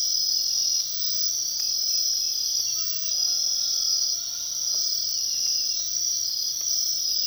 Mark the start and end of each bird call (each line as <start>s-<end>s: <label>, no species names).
3.01s-4.95s: bird call